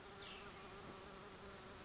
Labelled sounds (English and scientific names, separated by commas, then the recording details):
Cassin's Vireo (Vireo cassinii)
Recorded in Sonoma County, California